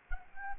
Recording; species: mosquito wingbeat signal from an infrared sensor; Anopheles gambiae